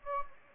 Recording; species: mosquito wingbeat signal from an infrared sensor; Anopheles gambiae